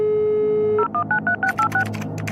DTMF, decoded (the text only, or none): 0193686